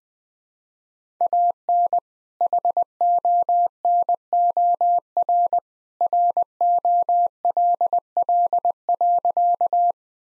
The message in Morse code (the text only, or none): AN HONOR ROLL.